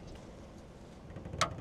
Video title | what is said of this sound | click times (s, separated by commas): Morimoto XB Bed Lights Unboxing & Install! - 2014-2018 Silverado & Sierra | Push it in until you hear the pop. | 1.4 s